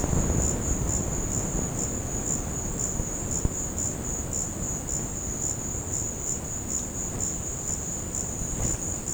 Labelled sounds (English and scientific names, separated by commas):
none